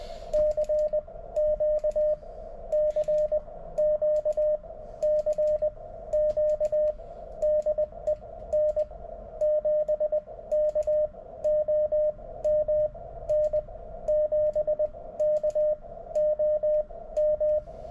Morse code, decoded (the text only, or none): CQ CQ CQ DE N7KOM N7KOM